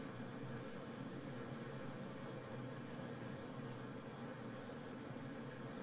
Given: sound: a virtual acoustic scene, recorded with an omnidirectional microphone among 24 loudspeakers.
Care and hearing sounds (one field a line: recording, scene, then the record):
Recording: noise of the scene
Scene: olnoise from 90 degrees (S0N90)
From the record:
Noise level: 65 dB SPL